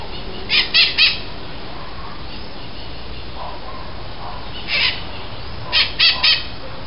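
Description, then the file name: Bird calls, short harsh bursts in a quick group of three, then a single note and another group of three near the end, over a steady low background hiss. "SABIOD 50 bird 2015"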